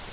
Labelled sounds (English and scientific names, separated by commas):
Grace's Warbler (Setophaga graciae) flight call